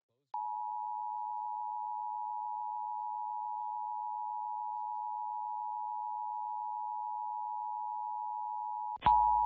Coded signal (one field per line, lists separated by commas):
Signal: Emergency Alert System (SAME) tones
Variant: 853 and 960 Hz attention tone